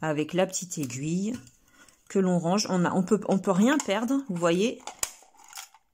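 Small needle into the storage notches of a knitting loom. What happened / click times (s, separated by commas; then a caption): Small part handled, not yet clicked into place / none. Someone talks while handling the small needle of a knitting loom, bringing it toward the loom's storage slot where it snaps into small notches so it cannot be lost. A few faint, brief taps come near the end. The needle has not yet gone home, and nothing has seated or clicked yet.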